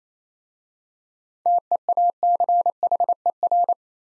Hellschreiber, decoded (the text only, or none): none